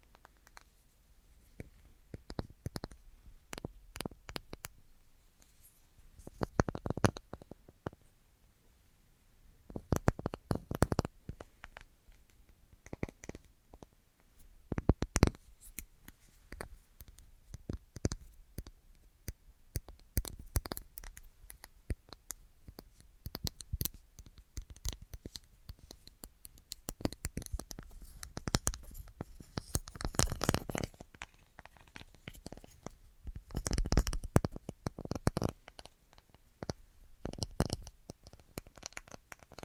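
ASMR tapping: quick, sharp taps and clicks sounding in irregular bursts throughout, with short quiet gaps between clusters. Louder flurries come around 7, 10, 15, 20, 30 and 34 seconds, bright and crisp, over a soft low hum.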